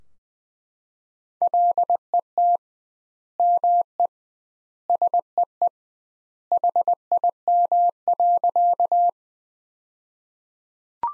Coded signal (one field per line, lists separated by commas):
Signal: Morse code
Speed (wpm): 20 wpm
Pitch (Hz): 700 Hz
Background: none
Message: LET ME SEE HIM.